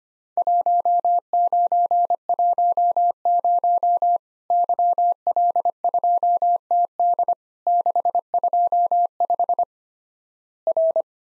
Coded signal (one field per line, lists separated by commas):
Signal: Morse code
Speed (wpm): 25 wpm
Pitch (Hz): 700 Hz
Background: none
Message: 1910 YL2TD 625 R